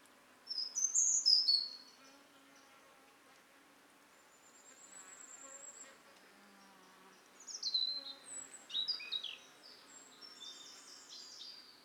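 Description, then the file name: European robin song of high, sharp, sliding notes in short bursts over a steady low background hum. "Erithacus rubecula"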